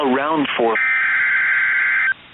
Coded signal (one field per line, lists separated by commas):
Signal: Emergency Alert System (SAME) tones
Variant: header bursts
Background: speech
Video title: PDS Tornado Warning Interrupted By An FFW EAS #620